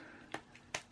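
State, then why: Released. A plastic flip-top cap on a bottle of liver of sulphur gel is flipped open so the gel can come out. A sharp click sounds at 0.3 s, a fainter tick at 0.6 s, and the loudest, crispest click at 0.8 s as the cap snaps open, released.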